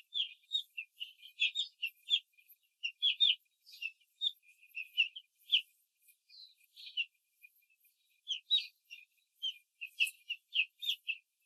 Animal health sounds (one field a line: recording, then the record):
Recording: young laying hens in a cage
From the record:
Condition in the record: control cage, after the stress test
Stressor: none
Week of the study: 4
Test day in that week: 1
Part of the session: 3